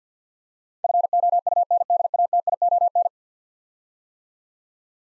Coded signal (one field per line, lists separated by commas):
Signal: Morse code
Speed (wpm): 53 wpm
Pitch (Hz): 700 Hz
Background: none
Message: FOUNDATION